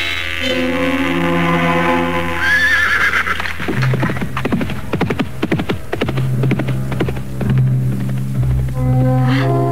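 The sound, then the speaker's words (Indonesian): A horse with a rider gives a long, wavering whinny, then a rapid run of sharp hoofbeats clatters along under steady low tones, ending with another rising neigh. “Orang yang menunggang kuda itu seperti Nyai Kolot.”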